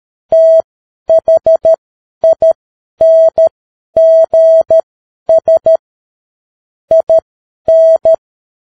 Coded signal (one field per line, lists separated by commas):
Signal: Morse code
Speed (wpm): 13 wpm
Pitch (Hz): 650 Hz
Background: none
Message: THINGS IN